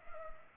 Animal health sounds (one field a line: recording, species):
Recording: mosquito wingbeat signal from an infrared sensor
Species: Culex pipiens